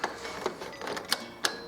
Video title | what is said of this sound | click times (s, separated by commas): How to Change Ink Cartridges with an Epson WorkForce WF-5620DWF | you need to make sure you put a final pressure get that click and then you know that the cartridge has been placed properly | 1.1 s, 1.5 s